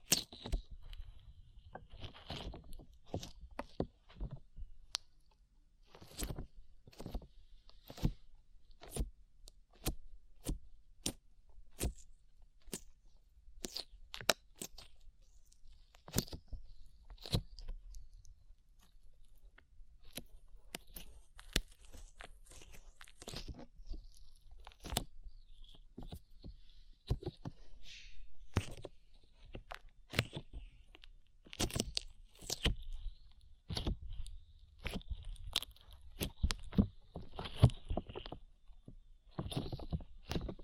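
Slime being squished and pressed, with a dense run of sharp wet pops and clicks that come irregularly for the whole stretch. Some pops bunch into quick bursts. A soft low rumble and a faint thin hiss sit underneath throughout.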